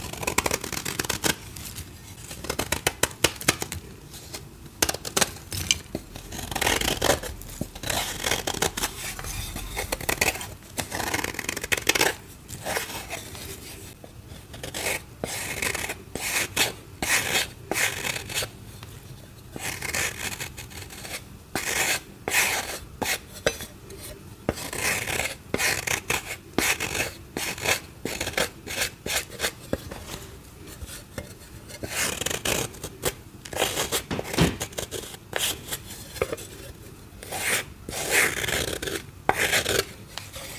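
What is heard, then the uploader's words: Dyed gym chalk is shaved in dry rasping scrapes that come in quick bursts, each a bright, gritty stroke. The strokes repeat irregularly throughout, several per second at times, with brief quiet gaps between runs and occasional soft clinks and rubs. Satisfying dyed gym chalk shaving.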